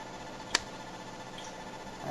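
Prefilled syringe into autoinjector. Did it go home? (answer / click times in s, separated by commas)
yes / 0.6 s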